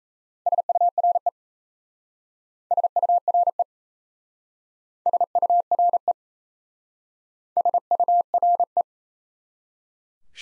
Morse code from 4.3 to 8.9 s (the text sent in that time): SURE SURE